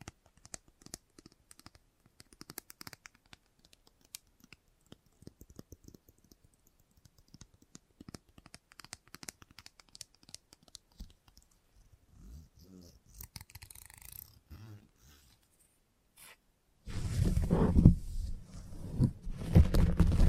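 Salon haircut with scissors: quick, irregular snipping clicks fill the first half, dense and crisp. Around twelve seconds soft rustling and brushing sounds take over, then from about seventeen seconds a loud, steady low buzz like a clipper runs to the end.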